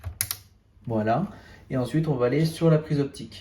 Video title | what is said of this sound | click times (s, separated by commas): Comment installer la Livebox 6 d'Orange | je viens enlever le petit capuchon et je viens ici il y a un petit détrompeur on doit entendre le petit clic | 0.2 s